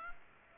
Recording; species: mosquito wingbeat signal from an infrared sensor; Culex pipiens